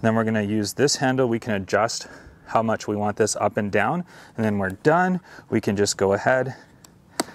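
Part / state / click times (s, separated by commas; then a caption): handle height adjuster lock on a folding golf cart / seated / 7.2 s. A Clicgear Model 8.0+ folding golf cart's plastic handle height adjuster lock is clicked into place after the handle height is set, while someone talks. The lock clicks in sharply at 7.2 s, and it is seated.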